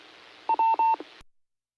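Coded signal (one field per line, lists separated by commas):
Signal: none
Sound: repeater courtesy tone beeps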